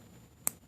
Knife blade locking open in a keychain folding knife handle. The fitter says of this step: yep if it engaged it's a nice butter it's a nice butter engagement